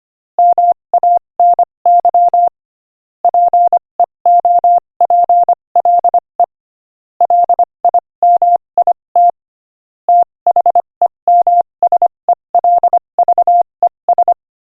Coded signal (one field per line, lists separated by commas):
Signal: Morse code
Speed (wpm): 26 wpm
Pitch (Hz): 700 Hz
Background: none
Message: MANY PEOPLE LIMIT THEMSELVES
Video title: Morse Code Practice: 25 wpm Inspirational Quote 6